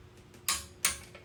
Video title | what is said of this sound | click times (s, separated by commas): B20Vtec Build Part 1 Port work and Assembly by SRDmotorsports | okay second step is 56 feet pounds torque in here the click is gonna be louder now | 0.8 s